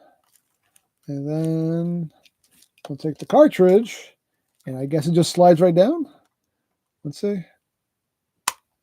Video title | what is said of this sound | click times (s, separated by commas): LEGO GAMEBOY: Builds Stuff LIVE! | And oh, and it snaps right in. Oh, that's satisfying. | 8.5 s